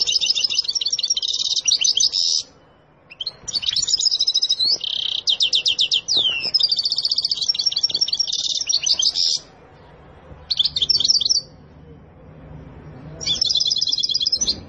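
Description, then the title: Canary singing in extended rolling trills and rapid repeated notes, with a few brief silences between loud, high, continuous phrases. Loud, persistent, long rolling canary song, meant to prompt another canary to answer. "LANGSUNG NYAUT GACOR DOR Kenari Manasaja, Dengan Kicau Kenari GACOR NGOTOT ROLL PANJANG"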